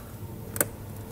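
Under the driver's side of a 2020 Hyundai Santa Fe, the plastic protective cap on the factory trailer wiring connector port is pulled off by hand before the new plug goes in. It releases easily, giving two sharp ticks in quick succession at about 0.6 s and 0.6 s over a low steady background.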